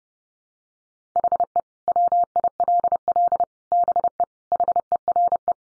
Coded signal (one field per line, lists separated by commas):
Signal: Morse code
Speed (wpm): 30 wpm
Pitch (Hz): 700 Hz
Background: none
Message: HE WILL BE HERE